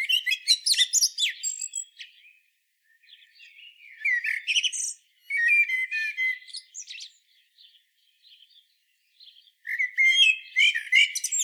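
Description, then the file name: Common blackbird giving several quick song phrases, mixing rich low whistles with strained, high, scratchy twitters and short gaps between them. "Turdus merula"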